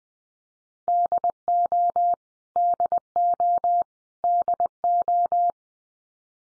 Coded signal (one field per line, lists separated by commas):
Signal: Morse code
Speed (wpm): 20 wpm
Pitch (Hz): 700 Hz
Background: none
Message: DO DO DO